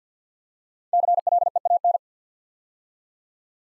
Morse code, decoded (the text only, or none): CLEAN